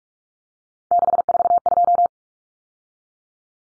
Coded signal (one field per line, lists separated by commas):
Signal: Morse code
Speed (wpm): 44 wpm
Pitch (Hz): 700 Hz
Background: none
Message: 642